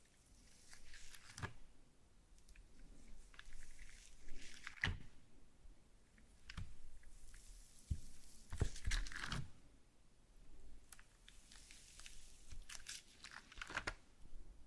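Wet slime sounds squish and crackle in irregular bursts, with sharp popping clicks near 1.5, 5, 6.5 and 8.5–9 seconds. Squelches and crisp crunches follow one another with short quiet gaps.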